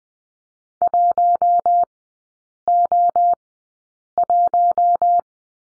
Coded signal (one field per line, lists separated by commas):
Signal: Morse code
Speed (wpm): 20 wpm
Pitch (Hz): 700 Hz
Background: none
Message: 1O1